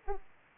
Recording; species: mosquito wingbeat signal from an infrared sensor; Aedes aegypti